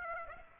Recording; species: mosquito wingbeat signal from an infrared sensor; Aedes aegypti